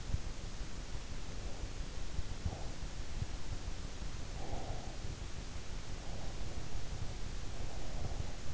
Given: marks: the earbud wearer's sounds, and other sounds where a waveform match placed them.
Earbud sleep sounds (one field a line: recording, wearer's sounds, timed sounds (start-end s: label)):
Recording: sounds in sleep by an in-ear microphone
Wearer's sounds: breath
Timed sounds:
1.40-2.93 s: breath
4.20-5.07 s: breath
5.82-8.54 s: breath